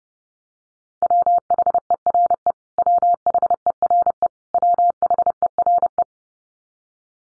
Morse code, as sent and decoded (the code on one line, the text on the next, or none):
.-- .... . .-. . / .-- .... . .-. . / .-- .... . .-. .
WHERE WHERE WHERE